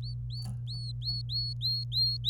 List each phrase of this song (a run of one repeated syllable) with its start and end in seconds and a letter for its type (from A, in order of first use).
0.02-2.29 A